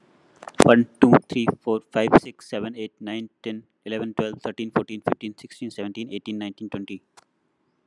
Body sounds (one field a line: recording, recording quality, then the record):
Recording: counting at a fast pace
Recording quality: excellent, no background noise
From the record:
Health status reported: healthy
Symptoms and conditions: none ticked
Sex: male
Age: 29 years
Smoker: not ticked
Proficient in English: yes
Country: India